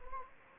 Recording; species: mosquito wingbeat signal from an infrared sensor; Anopheles gambiae